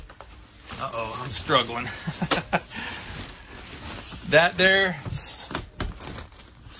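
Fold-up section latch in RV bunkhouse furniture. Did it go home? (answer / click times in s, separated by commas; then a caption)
yes / 5.8 s. Someone talks while flipping up a fold-away section in the bunkhouse of a 2021 Surveyor 240BHLE RV one-handed and pushing it onto its latch, with crinkling and rustling as plastic gets caught during the struggle. The latch snaps into place with a sharp click at 5.8 s, followed by a few small knocks.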